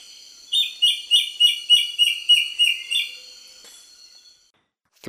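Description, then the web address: Immaculate antbird call series: about ten clear, slightly downslurred whistled notes in quick, even succession, followed by quiet. Recorded in Ecuador, South America. "Birds of Ecuador. Immaculate Antbird"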